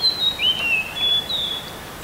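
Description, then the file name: Common hill myna giving clear whistled notes: a high steady tone, a lower slurred phrase, then another long high whistle, with faint background hiss. "suarakicauanciungomkicau"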